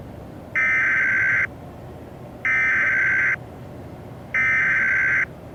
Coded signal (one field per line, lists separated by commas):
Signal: Emergency Alert System (SAME) tones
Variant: header bursts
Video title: (eas scenario recreation) THE ORPHAN SOURCE (i was lazy asf)